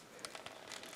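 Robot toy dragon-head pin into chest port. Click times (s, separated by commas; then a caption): 0.2 s. The dragon-head part of a plastic TFC Satan S-01 Astaroth transforming robot toy is rotated down so its pin plugs into a port in the chest. It snaps into place with a sharp click at 0.3 s. Several lighter plastic clicks and scrapes follow as the parts are handled.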